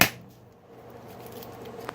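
A fishing line looped through a plastic retaining clip on the front center grille of a Boxster/Cayman 981 is pulled until the clip clicks into its locked position in the front bumper mount at 0.0 s. A sharp click is followed by a quiet low hum, with a faint tick near 1.9 s. The clip is seated.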